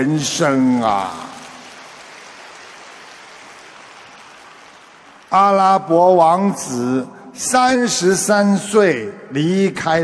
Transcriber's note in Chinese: 掌声